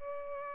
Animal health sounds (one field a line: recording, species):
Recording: mosquito wingbeat signal from an infrared sensor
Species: Culex pipiens